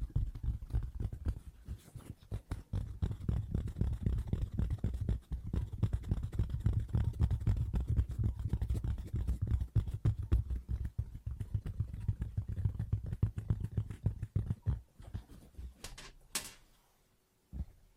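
Fast, dense tapping with a low, thumping body runs steadily for about fifteen seconds, then thins out and fades into a few scattered knocks.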